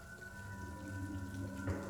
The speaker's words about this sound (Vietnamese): Ngay sau đó, mưa bắt đầu trút xuống ào ạt. Cơn mưa nặng hạt đập vào mái nhà, hòa cùng với tiếng gió rít gào.